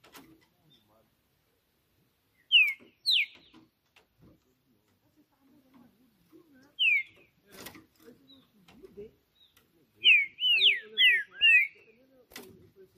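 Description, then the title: Green-winged saltator song: scattered loud downslurred whistles, ending in a quick run of four zigzag whistled notes, with faint clicks and low background sounds. Singing on a roof during a song contest between birds named Justiceiro and FBI; described as chirping, singing and showing male aggression. "Esse É PERFEITO Para ESQUENTAR Seu TRINCA Piando, Cantando E Macheando Na DISPUTA. Trinca Ferro CANTANDO MUITO de CARA em CIMA do TELHADO! Disputa INSANA!! TRINCA JUSTICEIRO & FBI"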